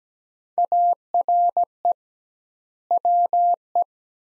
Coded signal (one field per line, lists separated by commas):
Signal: Morse code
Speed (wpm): 17 wpm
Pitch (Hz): 700 Hz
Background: none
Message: ARE WE